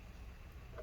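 An iPhone 5 display assembly is folded down while its flex cable connectors are pressed onto the logic board, producing a low, steady handling rumble with a short, brighter tonal burst near 0.8 s. Nothing has seated or clicked yet; the clip ends just before the connectors go home.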